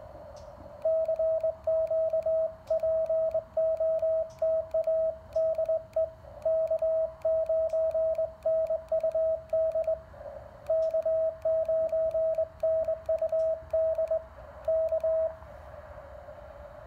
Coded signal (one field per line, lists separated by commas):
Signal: Morse code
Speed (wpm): 20 wpm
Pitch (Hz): 640 Hz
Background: radio noise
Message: CQ POTA DE K9NUD K9NUD K